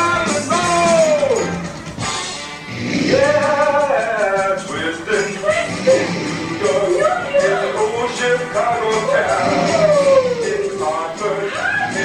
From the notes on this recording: a trip to Disneyland